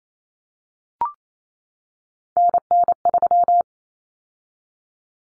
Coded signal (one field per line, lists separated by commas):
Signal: Morse code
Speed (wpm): 28 wpm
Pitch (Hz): 700 Hz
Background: none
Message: NN3